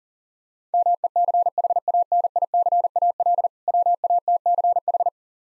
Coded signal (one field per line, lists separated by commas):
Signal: Morse code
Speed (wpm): 40 wpm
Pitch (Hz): 700 Hz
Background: none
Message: MECHANICAL WATCH